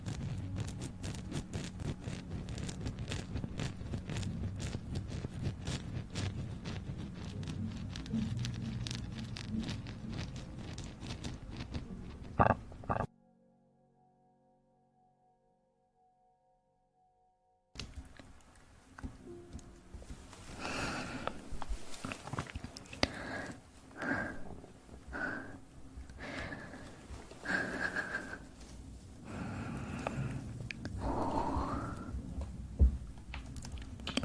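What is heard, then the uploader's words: Gritty crunching and wet, squishy rubbing from sugar and aloe vera gel, broken by a silent gap near 13–18 seconds before resuming. Eating sugar, aloe vera gel ear massage.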